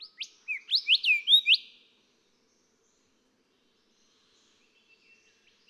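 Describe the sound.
Golden whistler song: a quick burst of varied whistled notes with looping inflections lasting under two seconds, then near silence, and another whistled note at the end.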